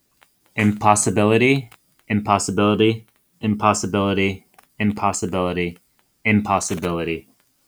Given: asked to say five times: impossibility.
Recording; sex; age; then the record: repeated word; male; 30 to 39 years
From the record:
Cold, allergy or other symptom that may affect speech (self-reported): no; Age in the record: 31 years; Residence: New York, United States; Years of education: 20